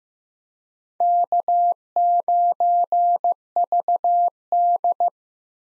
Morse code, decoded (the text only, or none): K9VD